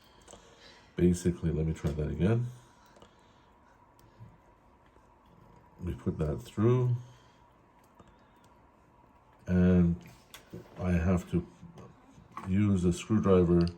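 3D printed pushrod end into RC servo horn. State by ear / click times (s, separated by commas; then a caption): not seated / none. A 3D printed plastic pushrod end is fed through and lined up in an RC servo horn, ready to be pushed home with a screwdriver, while someone talks in bursts. Faint small clicks and handling taps sit between the speech. Nothing has seated or clicked yet.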